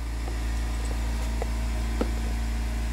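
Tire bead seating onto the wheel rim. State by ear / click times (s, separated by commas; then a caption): seated / 1.4 s, 2.0 s. Air is pumped into a Toyota Sienna tire after a TPMS sensor install, over a steady low hum. Sharp pops at 1.4 s and 2.0 s mark the rubber bead snapping over the steel/alloy rim seat, and the bead is seated.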